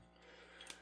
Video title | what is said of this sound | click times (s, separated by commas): Winchester Model 70 field strip. | eventually it will come up to this point and then it'll click and snap into place | 0.6 s, 0.7 s